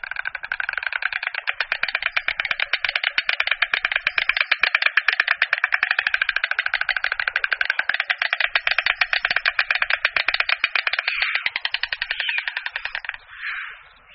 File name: Čáp-bílý